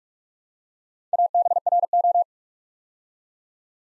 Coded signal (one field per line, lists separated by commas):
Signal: Morse code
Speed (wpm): 44 wpm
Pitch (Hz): 700 Hz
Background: none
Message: ABRO